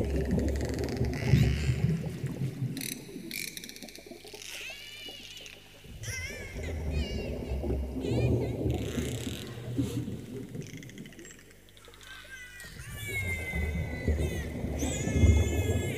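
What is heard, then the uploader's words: Whale and dolphin sounds underwater, over a steady low rumble that swells and dips, quietest around twelve seconds. High wavering whistles and chirps come in bursts, near three to six seconds, eight to ten, and again toward the end. Whale and Dolphin Sounds Underwater. Deep underwater whale and dolphin sounds.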